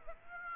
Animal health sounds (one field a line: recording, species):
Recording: mosquito wingbeat signal from an infrared sensor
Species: Aedes aegypti